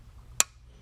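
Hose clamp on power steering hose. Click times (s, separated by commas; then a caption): 0.4 s. A hose clamp on a power steering hose is squeezed by its two high spots until it latches closed. A single sharp, distinct click is heard at 0.4 s over a quiet background. The clamp snaps shut and is seated.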